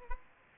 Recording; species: mosquito wingbeat signal from an infrared sensor; Culex pipiens